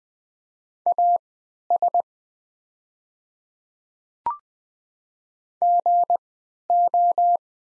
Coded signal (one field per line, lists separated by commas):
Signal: Morse code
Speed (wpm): 20 wpm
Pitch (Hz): 700 Hz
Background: none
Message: AS GO